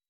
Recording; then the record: hydrophone in a shrimp aquaculture tank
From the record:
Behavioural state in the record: weakened